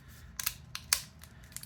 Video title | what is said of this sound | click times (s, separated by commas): WAHL GroomsMan beard and mustache trimmer battery replacement (9918C) and others | just snaps back in | 0.9 s